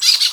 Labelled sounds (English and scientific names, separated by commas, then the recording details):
Brown-throated Parakeet (Eupsittula pertinax) contact call
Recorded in Venezuela
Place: Guárico; Corozopando; Fundo La Fe
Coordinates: 8.506, -67.593